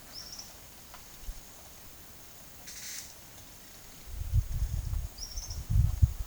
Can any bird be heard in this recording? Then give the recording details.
yes. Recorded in pastures near Puerto Asís, Putumayo, Colombia, on 29 June 2025 at 11:30. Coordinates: 0.472, -76.331. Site G095